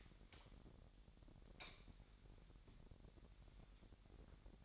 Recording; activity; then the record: daily activity, microphone in the room; light on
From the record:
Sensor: 3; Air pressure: 1011.9 hPa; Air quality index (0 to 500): 228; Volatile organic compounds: 4 ppm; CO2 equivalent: 1690 ppm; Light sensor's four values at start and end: 14/32/13/14 and 16/40/17/17